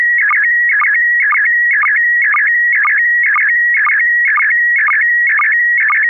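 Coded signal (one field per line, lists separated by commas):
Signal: SSTV (slow-scan television)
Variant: PD mode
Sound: steady high tone broken by a warbling chirp and low blip twice a second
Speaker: I'm sorry it's going to be uh uh pd1 pd120 p p I'm sorry pd10 d d d [Laughter] d kp4md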